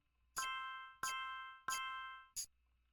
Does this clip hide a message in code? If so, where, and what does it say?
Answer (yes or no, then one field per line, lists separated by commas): no